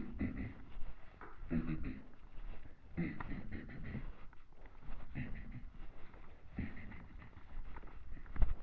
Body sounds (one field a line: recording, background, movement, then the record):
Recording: throat clearing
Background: quiet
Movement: walking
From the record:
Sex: male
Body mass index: 23.7 kg/m2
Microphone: on the chest, facing the body